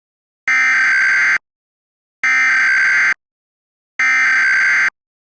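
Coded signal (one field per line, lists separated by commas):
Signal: Emergency Alert System (SAME) tones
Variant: header bursts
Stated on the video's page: Fictional EAS scenario alert from the final installment of a Minecraft Attack series.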